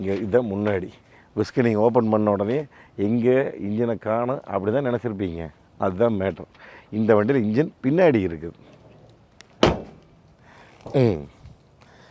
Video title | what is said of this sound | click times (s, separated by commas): 62 ஆண்டுகளாக பட்டையை கிளப்பும் ஒரு car 😳 ? | lock ஆயிடுச்சு | 9.6 s